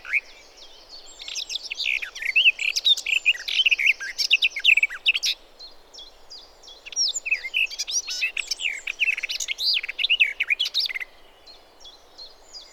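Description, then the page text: Garden warbler singing a sustained, hurried warble of quick varied notes in two long phrases separated by a brief gap. "Голоса живой природы(Tony Whitehead) - Славка садовая. Tony Whitehead - Садовая славка (Sylvia borin)"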